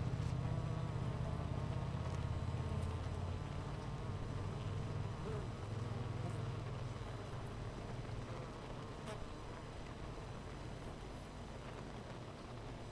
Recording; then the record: honeybee colony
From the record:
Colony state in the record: missing queen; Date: 14 July 2017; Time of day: 8:50